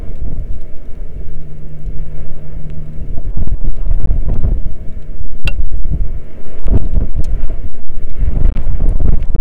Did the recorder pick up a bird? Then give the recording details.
no. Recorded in the Arctic National Wildlife Refuge, Alaska, on 11 August 2019 at 13:32. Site 40